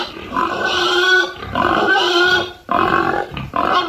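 A pig grunts and oinks in four loud, bursting calls with short pauses between them. The calls are nasal and somewhat squealy, with no talking.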